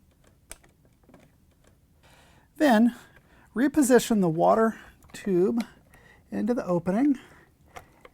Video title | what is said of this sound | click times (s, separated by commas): How To: Frigidaire/Electrolux Ice Dispenser Actuator Arm 241681903 | the wiring harness position it and then press it in until it clicks then | 0.5 s